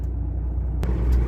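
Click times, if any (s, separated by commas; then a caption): 0.8 s. A tilted truck cab is lowered again onto its white cab lock after the dashboard showed "cab tilt unlocked." Over a steady low rumble, a short sharp knock is heard at 0.8 s as the cab drops onto the lock. The cab is confirmed seated in the lock on this side.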